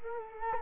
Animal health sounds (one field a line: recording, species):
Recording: mosquito wingbeat signal from an infrared sensor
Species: Culex quinquefasciatus